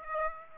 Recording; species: mosquito wingbeat signal from an infrared sensor; Aedes aegypti